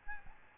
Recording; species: mosquito wingbeat signal from an infrared sensor; Aedes albopictus